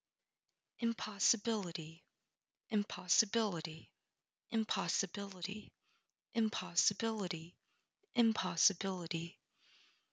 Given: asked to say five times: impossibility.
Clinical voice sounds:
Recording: repeated word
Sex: female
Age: 20 to 29 years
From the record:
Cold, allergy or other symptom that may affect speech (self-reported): no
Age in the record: 27 years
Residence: United States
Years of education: 18

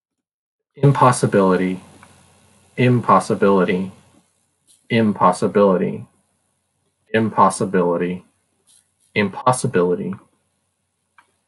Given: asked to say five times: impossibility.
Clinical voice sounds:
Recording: repeated word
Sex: male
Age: 30 to 39 years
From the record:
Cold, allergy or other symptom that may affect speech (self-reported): no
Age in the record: 35 years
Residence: California, United States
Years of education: 24

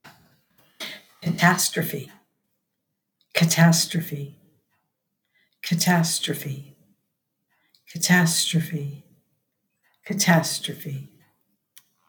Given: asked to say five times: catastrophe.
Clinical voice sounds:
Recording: repeated word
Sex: female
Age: 50 to 59 years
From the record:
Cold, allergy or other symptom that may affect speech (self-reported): no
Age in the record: 59 years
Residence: United States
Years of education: 16

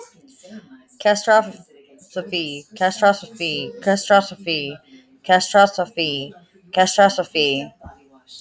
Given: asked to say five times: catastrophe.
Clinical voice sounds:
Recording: repeated word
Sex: female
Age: 30 to 39 years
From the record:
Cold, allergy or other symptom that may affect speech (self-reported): no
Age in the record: 34 years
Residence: Texas, United States

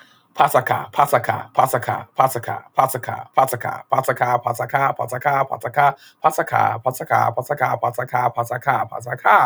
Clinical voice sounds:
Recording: repeated syllables /pa ta ka/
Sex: male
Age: 30 to 39 years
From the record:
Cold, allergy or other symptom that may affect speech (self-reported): no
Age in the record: 36 years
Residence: California, United States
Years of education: 14

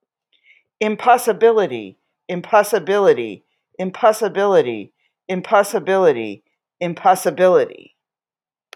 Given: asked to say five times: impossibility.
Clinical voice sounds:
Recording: repeated word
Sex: female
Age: 60 to 69 years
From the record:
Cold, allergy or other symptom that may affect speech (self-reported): no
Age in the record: 63 years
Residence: Texas, United States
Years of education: 16

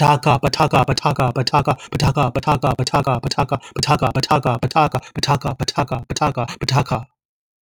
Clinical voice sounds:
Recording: repeated syllables /pa ta ka/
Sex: male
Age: 30 to 39 years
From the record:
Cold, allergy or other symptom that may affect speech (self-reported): no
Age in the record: 37 years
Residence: Massachusetts, United States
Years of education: 16

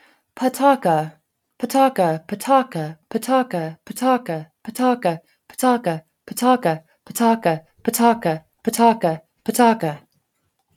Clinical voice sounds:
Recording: repeated syllables /pa ta ka/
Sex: female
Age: 40 to 49 years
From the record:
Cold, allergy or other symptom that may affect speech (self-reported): no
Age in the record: 45 years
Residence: New Mexico, United States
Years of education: 18

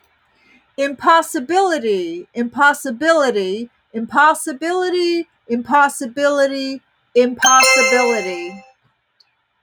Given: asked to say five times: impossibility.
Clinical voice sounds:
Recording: repeated word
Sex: female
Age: 50 to 59 years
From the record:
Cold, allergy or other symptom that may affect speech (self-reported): no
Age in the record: 58 years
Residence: Pennsylvania, United States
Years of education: 26

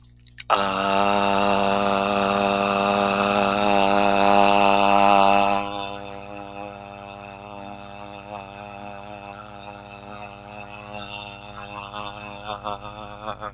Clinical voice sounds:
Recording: vowel held as long as possible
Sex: male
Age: 30 to 39 years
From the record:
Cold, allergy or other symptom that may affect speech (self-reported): no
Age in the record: 30 years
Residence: Washington, United States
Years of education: 12

